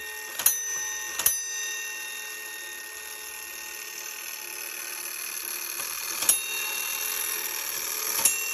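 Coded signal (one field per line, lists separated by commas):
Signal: coded fire alarm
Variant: Gamewell fire alarm gong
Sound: four loud metallic gong strikes, each ringing on, with long gaps between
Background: steady room hum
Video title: 1890’s GEO. M. STEVENS Fire Station Gong Bell and Gamewell Fire Alarm.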